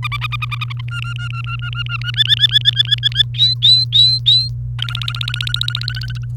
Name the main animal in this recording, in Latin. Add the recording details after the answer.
Serinus canaria. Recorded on 28 April 2018 at 07:36. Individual llb3